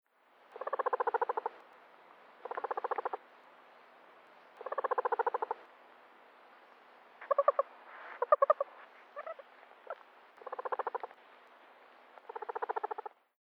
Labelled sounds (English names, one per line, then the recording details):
Guinea Pig
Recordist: Tembrock, Günter
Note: Purr-Laute